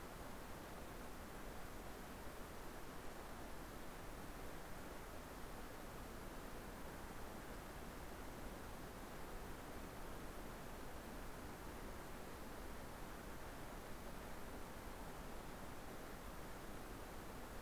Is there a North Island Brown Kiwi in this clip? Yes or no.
no